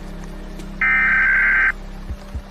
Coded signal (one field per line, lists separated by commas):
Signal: Emergency Alert System (SAME) tones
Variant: header bursts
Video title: WW3 begins in RUSSIA | Fictional Radio Broadcast Experience | EAS